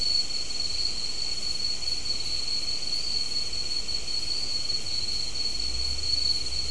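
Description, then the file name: Insects droning in one unbroken shrill whine at a constant pitch, never stopping, above a soft low rumble that swells slightly toward the end. "mainly insect"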